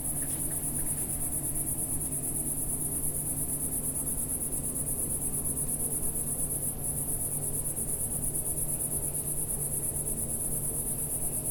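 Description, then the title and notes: Cicada giving an unbroken high, silvery buzz, with a soft low hum underneath and a faint tick near the middle. Single cicada in a garden in a small village in Picardy, northern France; early evening warmth, among lavender bushes and myrtles. "Sound Escape 137: Enter a trance-like state to the song of a cicada in a French garden. We’re in the garden in a small village in Picardy in Northern France. The early evening warmth teases sweet scent from the lavender bushes and myrtles while a single cicada plays its eternal silvery zither, drawing down the night. BBC Countryfile Magazine's Sound Escapes. Recorded by Fergus Collins"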